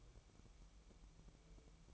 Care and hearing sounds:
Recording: daily activity, microphone in the room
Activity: light off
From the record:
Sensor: 1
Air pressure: 1007.9 hPa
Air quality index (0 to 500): 119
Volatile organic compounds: 2 ppm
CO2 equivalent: 1006 ppm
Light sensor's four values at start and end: 11/26/10/12 and 11/26/10/12

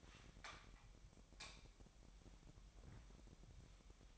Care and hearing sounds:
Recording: daily activity, microphone in the room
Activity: light on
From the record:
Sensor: 1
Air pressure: 1012.0 hPa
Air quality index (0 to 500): 235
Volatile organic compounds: 6 ppm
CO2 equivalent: 1871 ppm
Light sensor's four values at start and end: 14/32/13/15 and 17/47/19/21

